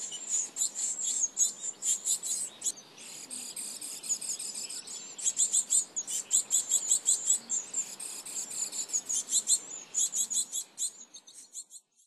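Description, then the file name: Japanese tit calls: very high, thin, rapidly repeated buzzy notes in bursts, pausing briefly between runs, with faint low background rumble. Recorded at Kokubunji on 7 June 2015. "shijukara kokubunji mju"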